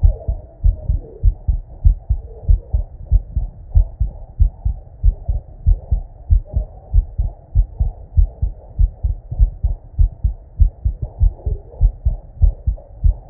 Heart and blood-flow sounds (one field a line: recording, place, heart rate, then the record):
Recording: heart sounds by stethoscope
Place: Erb's point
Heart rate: 93 bpm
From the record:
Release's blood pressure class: normal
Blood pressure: 97/53 mmHg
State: at rest